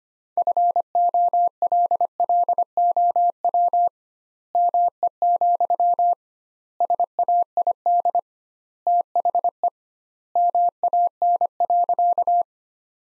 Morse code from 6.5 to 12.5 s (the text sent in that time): SAID THE MAN.